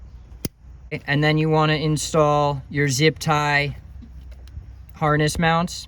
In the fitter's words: and just push until you hear a light click